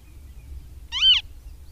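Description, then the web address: Western marsh harrier giving one loud, short whistled note that arches up and drops, standing alone against quiet background. "Madardalok - Barna rétihéja"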